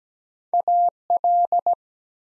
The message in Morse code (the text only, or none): A L